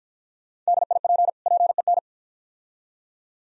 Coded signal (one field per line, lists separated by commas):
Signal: Morse code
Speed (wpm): 55 wpm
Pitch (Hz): 700 Hz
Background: none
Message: DIP PEN